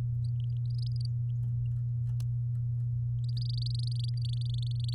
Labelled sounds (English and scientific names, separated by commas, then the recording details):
Domestic Canary (Serinus canaria) song
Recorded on 7 May 2018 at 16:32
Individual llb16